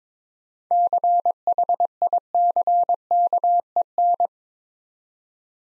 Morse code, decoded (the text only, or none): CHICKEN